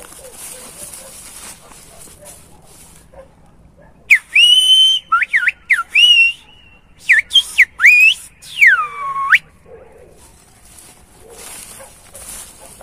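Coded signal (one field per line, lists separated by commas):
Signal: whistled language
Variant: Silbo Gomero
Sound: loud piercing whistles gliding up and down in a dozen quick syllable-like bursts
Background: quiet room, faint murmur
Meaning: Whistles the English phrase 'to be or not to be, that is the question'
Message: to be or not to be, that is the question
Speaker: if I say you that I was trying to tell, to be or not to be, that is the question. Listen again. Okay.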